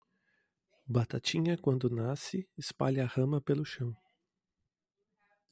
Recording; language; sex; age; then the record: short text; Brazilian Portuguese; female; 50 to 59 years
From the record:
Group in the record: control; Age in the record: 52 years